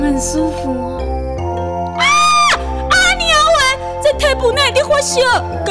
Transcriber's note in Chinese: 大叫